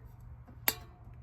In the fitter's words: put your end cap back on and you want to listen for a click